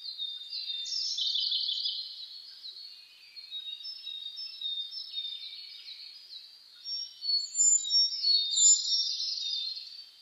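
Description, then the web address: Birds singing, a loud warbling burst at the start, softer twittering through the middle, then a lively run of bright high notes near the end. Dawn chorus (reimei) of birdsong (saezuri), recorded 10 May 2010. "reimei DH-D 50-saezuri-20100510"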